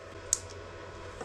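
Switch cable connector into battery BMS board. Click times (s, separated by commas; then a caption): 0.3 s. The switch cable plug, routed under the balance cables, is pushed into its socket on a 300A JK BMS board inside a Muller 12V/200Ah battery. A single sharp, bright click sounds at 0.3 s against a low steady hum. The connector is seated.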